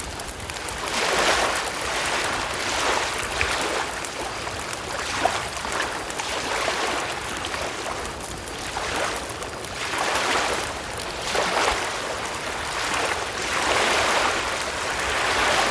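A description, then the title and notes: Ocean waves wash onto a beach in a steady, dense hiss, swelling and easing every couple of seconds without sharp breaks. The sound is mostly bright, airy spray over a soft low rumble, with no other sounds standing out. OCEAN WAVES SLEEP SOUNDS. The hypnotic white and pink noises of the beach, ocean waves and nature.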